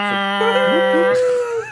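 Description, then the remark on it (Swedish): A voice hums a long, low droning tone in imitation of a foghorn, steady and loud for over a second, while a second voice wavers and slides around it before both fade. “Kan vi få lite foghorn, en sån här horns eller någonting här så här, tutu.”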